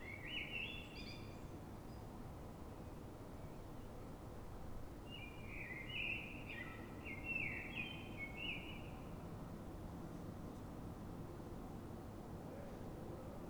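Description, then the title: Common blackbird song: two warbled phrases of mellow, varied notes, one early and a longer one midway, over steady low rumbling background noise. City blackbird singing before dawn, before the noisy human world begins, so other blackbirds can hear it; described as a call-like song; Fuenlabrada, Madrid, Spain; recorded with a Zoom H1n recorder. "Pl. de Francisco Escolar, 10, Fuenlabrada, Madrid, España - Sonido Reclamo de Mirlo"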